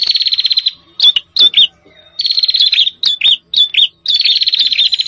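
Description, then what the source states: Prinia calls: a rapid pulsing trill, a few sharp chirps, then further trilled bursts, all high and insistent. Noisy prenjak calls used as a lure for trapping prenjak, including red-headed prenjak and visiting prenjak.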